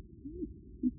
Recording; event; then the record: neck accelerometer signal played as sound; no cough (speech, laughter, throat clearing or background)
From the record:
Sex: male